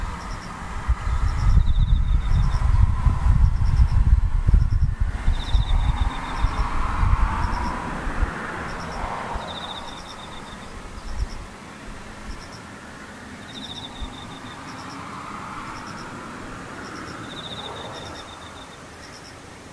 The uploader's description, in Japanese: ムシ